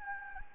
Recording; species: mosquito wingbeat signal from an infrared sensor; Anopheles gambiae